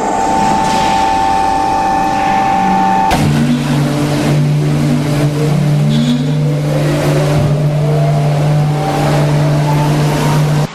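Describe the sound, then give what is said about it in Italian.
Olive mill machinery starting up: a steady mechanical hum abruptly shifts into a deep, loud drone, with whining tones climbing in pitch as the motors spin up. No talking. “Siamo qui in compagnia del capo frantoiano e stiamo per assistere alla miracolosa accensione delle macchine.”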